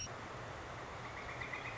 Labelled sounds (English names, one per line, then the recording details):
Northern Flicker
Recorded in Sonoma County, California